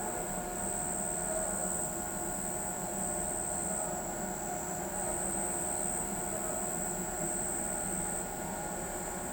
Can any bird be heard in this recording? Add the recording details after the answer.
no. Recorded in pastures near Pivijay, Magdalena, Colombia, on 15 April 2023 at 02:30. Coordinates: 10.456, -74.369. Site P6-G026